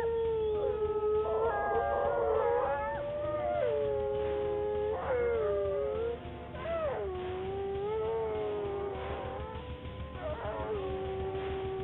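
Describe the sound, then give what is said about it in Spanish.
A chorus of wolves howls without pause from far off on all sides, several long wavering voices overlapping, rising and sliding down in pitch, with sharper yips breaking in now and then. The sound stays steady and full throughout. “Su llamado pareció ser respondido desde lejos y por todos lados por los aullidos de los lobos.”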